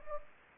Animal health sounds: mosquito wingbeat signal from an infrared sensor; Anopheles gambiae

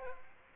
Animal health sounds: mosquito wingbeat signal from an infrared sensor; Aedes aegypti

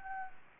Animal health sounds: mosquito wingbeat signal from an infrared sensor; Anopheles arabiensis

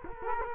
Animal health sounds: mosquito wingbeat signal from an infrared sensor; Culex quinquefasciatus

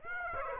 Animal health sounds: mosquito wingbeat signal from an infrared sensor; Aedes aegypti

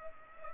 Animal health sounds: mosquito wingbeat signal from an infrared sensor; Culex pipiens

